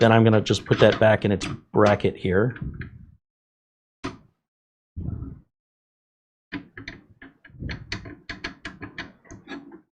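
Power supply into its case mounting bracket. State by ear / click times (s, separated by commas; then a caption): not seated / none. Someone talks, then an SFX power supply is set back into its metal mounting bracket in a small Thermaltake TR100 PC case, producing several light knocks from about 6.5 to 10 s. The power supply only sits in the bracket and does not lock in, since the screws are what hold it, so nothing has seated or clicked.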